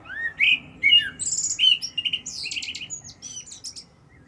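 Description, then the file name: Common blackbird song: low fluty whistled phrase opening, then a rapid string of high squeaky twitters. "Turdus merula"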